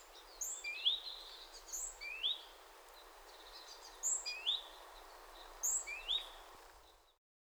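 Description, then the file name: Great tit giving rising whistled call notes in pairs at irregular intervals, slightly softer, over a low hiss that fades out at the end. "Parus major"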